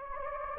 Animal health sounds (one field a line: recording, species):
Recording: mosquito wingbeat signal from an infrared sensor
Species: Anopheles gambiae